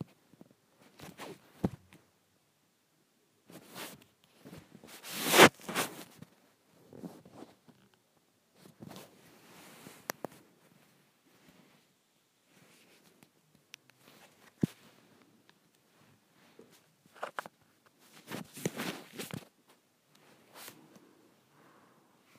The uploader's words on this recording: ASMR Swishing around the Microphone.